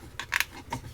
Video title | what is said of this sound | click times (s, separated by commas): FanHome - Build the Gone in 60 Seconds Eleanor Stages 51 to 54 in 4K | kind of snaps in place | 0.4 s